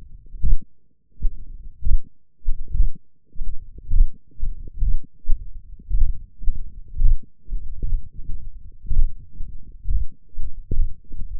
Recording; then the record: forearm muscle sounds (acoustic myography)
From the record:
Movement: finger pinch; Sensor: system 1, eight BSWA MPA416 microphones around the upper forearm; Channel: 5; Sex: male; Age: 21 years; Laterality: right